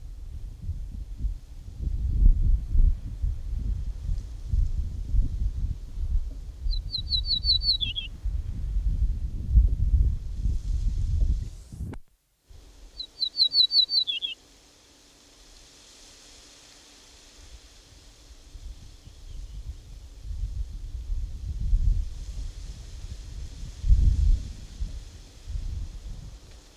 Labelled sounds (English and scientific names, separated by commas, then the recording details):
Ortolan Bunting (Emberiza hortulana) song
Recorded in the wild
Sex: male
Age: adult
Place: Walsrode, OT Hamwiede, Lüneburger Heide, Niedersachsen, DE
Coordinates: 52.8964, 9.45972
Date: 1970-05-24
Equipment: Uher 4000 Report-S, Bändchenmikro Beyer M 260, Parabolspiegel Polyester (470 mm)
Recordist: Conrads, Klaus
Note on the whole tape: Männchen (Walsrode 7): Mischsänger - Wendland/Walsrode. Datumsansage am Anfang: 10.05.1970